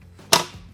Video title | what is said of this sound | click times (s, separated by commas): Top 10 DIY House Painting Tools & Equipment - Hand tools - Plumbing Tools -- Tools | make sure that you hear and see that lock into place now it's ready to climb | 0.3 s